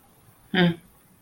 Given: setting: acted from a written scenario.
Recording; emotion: vocal sound without words; neutral